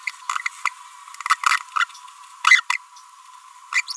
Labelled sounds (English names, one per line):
Green-rumped Parrotlet babbling